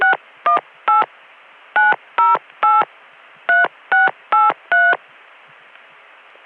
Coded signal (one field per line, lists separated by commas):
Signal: DTMF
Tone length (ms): 170 ms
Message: 618 908 3683